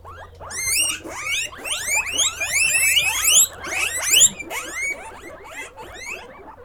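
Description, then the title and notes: Guinea pigs giving loud, high-pitched rising squeals in rapid overlapping series, a noisy excited chorus that eases off near the end. Guinea pig (cuy) pen, during a sound residency on traditional kitchens in Pujilí, Ecuador, 2019. "Yanuna_Paisajes. CORRAL_CUY. Sonidos grabados durante la residencia "Yanuna de sonidos, Laboratorio de experimentación y creación sonora alrededor de las cocinas tradicionales de Pujilí." en Pujilí - Ecuador 2019"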